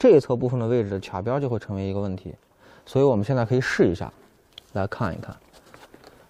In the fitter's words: 很明显的是，这一侧部分的卡边我没卡进去啊。